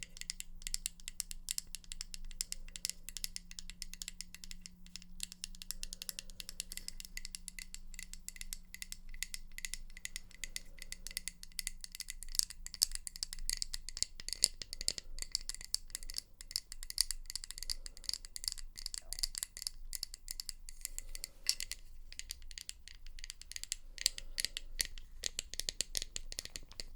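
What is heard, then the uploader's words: Rapid, dense tapping with sharp clicky strikes runs throughout, bright, with a rattling, ratchet-like texture. A low steady hum holds through the first half and stops around fourteen seconds, while soft muffled thumps recur every few seconds in the background. 1 HOUR Of Tapping.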